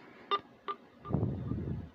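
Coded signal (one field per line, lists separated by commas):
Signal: none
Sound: radio power-on beeps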